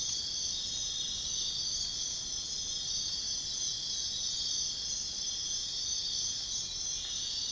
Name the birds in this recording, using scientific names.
none